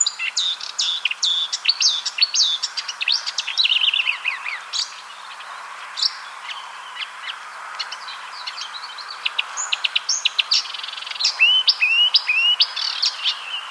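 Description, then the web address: Marsh warbler singing a rapid, varied medley of buzzy trills, clicks and whistled slurs, with a brief quieter stretch midway before the busy phrases resume. "ljud Acrocephalus palustris"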